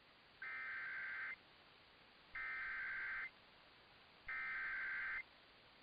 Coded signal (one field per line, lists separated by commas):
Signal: Emergency Alert System (SAME) tones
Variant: header bursts